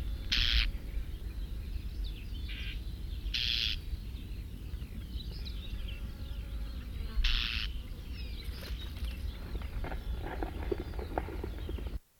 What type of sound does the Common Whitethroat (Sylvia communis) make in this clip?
call